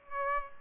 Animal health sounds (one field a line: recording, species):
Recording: mosquito wingbeat signal from an infrared sensor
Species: Aedes aegypti